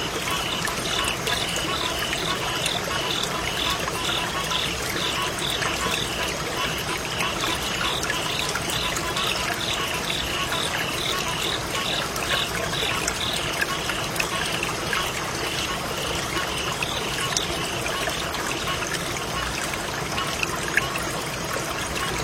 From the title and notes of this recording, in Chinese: 静静的河流蛙虫啼鸣。